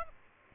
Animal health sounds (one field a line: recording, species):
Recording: mosquito wingbeat signal from an infrared sensor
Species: Aedes aegypti